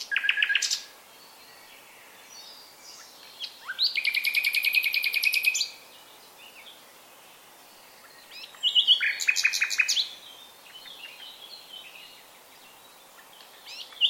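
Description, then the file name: Common nightingale song: a brief phrase, then a long, fast, rattling trill of repeated notes, and later another burst of rapid repeated notes with chirps. "Luscinia megarhynchos"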